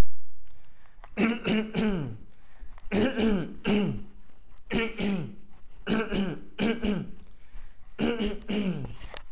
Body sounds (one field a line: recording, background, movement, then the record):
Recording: throat clearing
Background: quiet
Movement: walking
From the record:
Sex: male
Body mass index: 20.6 kg/m2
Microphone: on the chest, facing outward